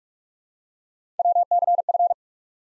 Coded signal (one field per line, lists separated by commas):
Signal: Morse code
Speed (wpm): 42 wpm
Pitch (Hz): 700 Hz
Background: none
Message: WCF